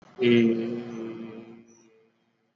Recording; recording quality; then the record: sustained vowel as in made; excellent, no background noise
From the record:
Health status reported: exposed to COVID-19, no respiratory illness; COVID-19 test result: not tested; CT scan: not taken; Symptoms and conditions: none ticked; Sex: male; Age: 31 years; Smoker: yes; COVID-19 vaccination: both doses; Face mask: worn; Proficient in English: yes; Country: India